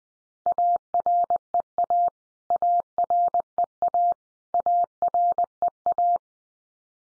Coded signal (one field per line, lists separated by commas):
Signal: Morse code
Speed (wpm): 20 wpm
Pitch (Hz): 700 Hz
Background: none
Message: AREA AREA AREA